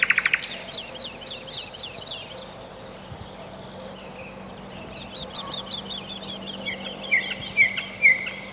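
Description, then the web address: Nightingale song: a loud burst of rapid repeated notes, then a run of quick sweeping high notes, ending with clear whistled notes repeated about every half second. Recorded in spring. "vremena vesna solovei"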